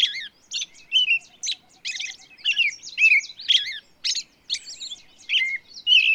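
Bird producing a lively warbled song of high, scratchy, rapidly varied notes in repeated bursts, faint low pulses underneath.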